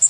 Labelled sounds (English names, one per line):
Blackpoll Warbler flight call